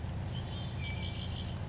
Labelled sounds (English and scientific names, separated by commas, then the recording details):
Red-winged Blackbird (Agelaius phoeniceus)
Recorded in Sonoma County, California